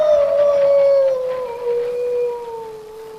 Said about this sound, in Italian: lupo ulula. Lupo ulula? La? Cosa? Lupo ulula e castello ululì.